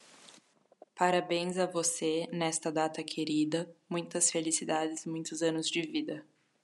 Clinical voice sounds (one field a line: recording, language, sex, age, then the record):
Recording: short text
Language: Brazilian Portuguese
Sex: female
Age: 20 to 29 years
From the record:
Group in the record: control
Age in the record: 27 years